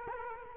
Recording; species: mosquito wingbeat signal from an infrared sensor; Culex quinquefasciatus